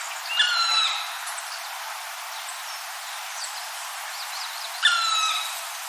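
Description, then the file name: Black woodpecker gives two ringing, slightly falling calls over four seconds apart, with steady background hiss and faint high bird notes. "kumagera"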